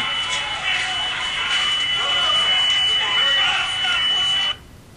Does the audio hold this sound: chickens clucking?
no